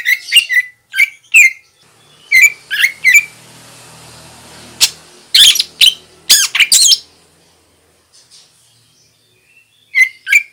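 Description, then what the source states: Greater green leafbird calls: a series of sharp chirps in small groups, then harsh squawking bursts, a quiet pause, and two final chirps. Female.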